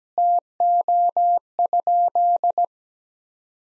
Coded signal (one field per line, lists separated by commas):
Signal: Morse code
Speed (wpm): 17 wpm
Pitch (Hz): 700 Hz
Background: none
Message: TO?